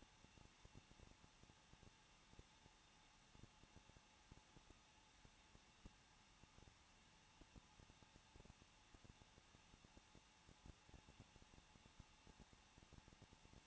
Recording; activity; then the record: daily activity, microphone in the room; no activity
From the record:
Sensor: 1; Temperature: 20.1 degrees Celsius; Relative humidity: 39.1%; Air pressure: 1006.4 hPa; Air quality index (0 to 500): 216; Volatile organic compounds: 74 ppm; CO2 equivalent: 3552 ppm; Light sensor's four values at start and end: 1/2/1/1 and 1/2/1/1